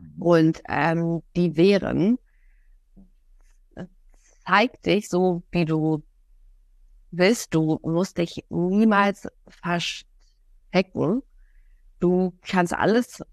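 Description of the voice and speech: An adult woman speaking German with long silent blocks between words, including a break inside a word: stuttering.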